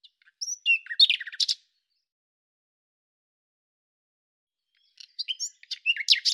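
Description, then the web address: Common nightingale delivering two varied phrases of slurred whistles and rapid clicking trills, separated by about three seconds of silence. Cleaned, normalized recording. "Deverinetal 2025"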